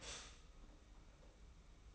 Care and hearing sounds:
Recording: daily activity, microphone in the room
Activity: stop toaster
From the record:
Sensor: 1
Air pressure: 991.7 hPa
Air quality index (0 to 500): 171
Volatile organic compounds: 1000 ppm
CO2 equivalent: 6456 ppm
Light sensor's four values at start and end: 32/108/42/43 and 32/108/42/43

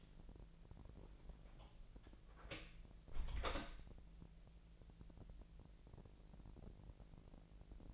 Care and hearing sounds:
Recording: daily activity, microphone in the room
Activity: close door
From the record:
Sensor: 5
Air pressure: 1001.4 hPa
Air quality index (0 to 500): 248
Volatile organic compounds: 34 ppm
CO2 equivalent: 3047 ppm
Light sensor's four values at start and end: 36/82/33/31 and 33/77/30/28

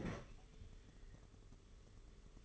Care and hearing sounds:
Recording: daily activity, microphone in the room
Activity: open fridge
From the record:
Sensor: 4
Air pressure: 991.9 hPa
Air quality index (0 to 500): 104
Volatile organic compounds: 14 ppm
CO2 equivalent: 2454 ppm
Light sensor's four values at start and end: 20/66/24/24 and 19/64/24/24

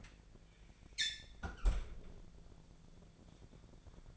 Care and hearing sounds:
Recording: daily activity, microphone in the room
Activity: close fridge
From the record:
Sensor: 5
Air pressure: 1000.1 hPa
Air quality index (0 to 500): 105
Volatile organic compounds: 1 ppm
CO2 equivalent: 844 ppm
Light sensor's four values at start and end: 232/552/234/256 and 228/542/231/252

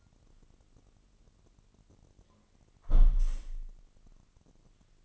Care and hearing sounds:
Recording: daily activity, microphone in the room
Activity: close window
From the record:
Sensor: 4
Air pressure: 1005.6 hPa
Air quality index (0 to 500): 93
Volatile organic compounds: 2 ppm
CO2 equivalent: 1151 ppm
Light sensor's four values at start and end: 13/30/12/11 and 13/29/11/11

